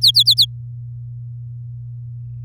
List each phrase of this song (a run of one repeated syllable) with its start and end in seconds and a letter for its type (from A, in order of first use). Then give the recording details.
0.01-0.45 A. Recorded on 6 May 2018 at 12:39. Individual llb16